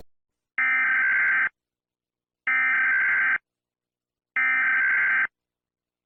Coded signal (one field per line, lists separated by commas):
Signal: Emergency Alert System (SAME) tones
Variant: header bursts